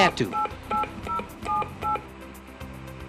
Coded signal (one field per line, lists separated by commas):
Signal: DTMF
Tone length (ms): 130 ms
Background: speech, music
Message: 88078